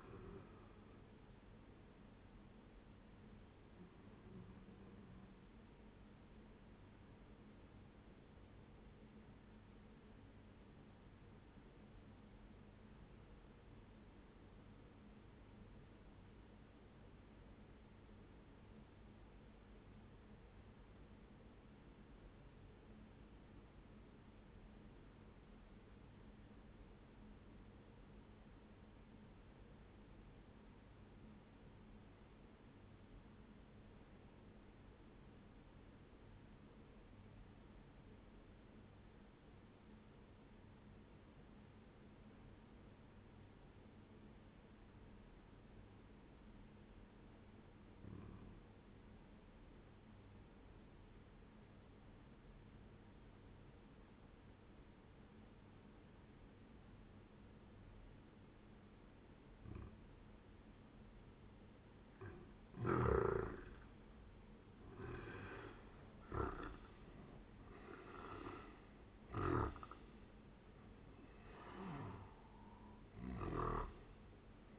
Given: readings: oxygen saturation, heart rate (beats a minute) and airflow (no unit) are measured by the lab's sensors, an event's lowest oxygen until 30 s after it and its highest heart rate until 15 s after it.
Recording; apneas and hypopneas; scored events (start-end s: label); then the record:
breathing in sleep by a voice recorder at the bedside; 1
9.00-61.10 s: obstructive apnea (N1, oxygen 98% highest, then 87% lowest, heart rate 64 at the start, 83 highest)
22.00-74.79 s: new sleep stage, N2 (light sleep)
From the record:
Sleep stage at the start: N1 (lightest sleep); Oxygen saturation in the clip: 89 to 98%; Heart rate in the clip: 57 to 83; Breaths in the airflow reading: 6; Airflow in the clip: -15.7 to 12.4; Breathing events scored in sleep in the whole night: 131 in 7.2 hours asleep